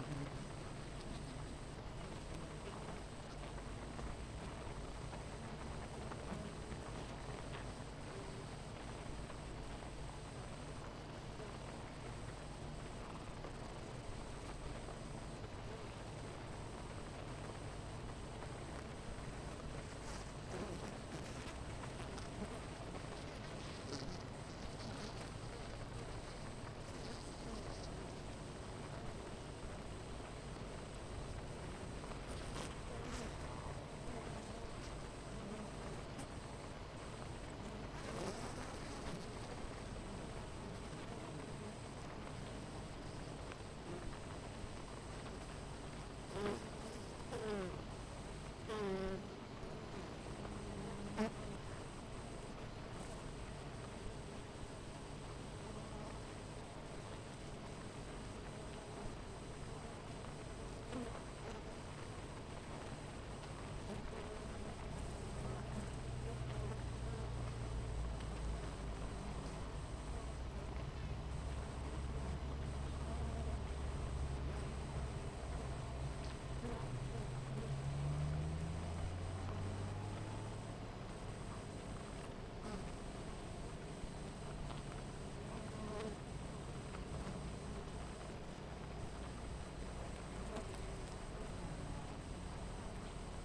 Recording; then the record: honeybee colony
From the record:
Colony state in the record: missing queen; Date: 14 July 2017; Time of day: 9:13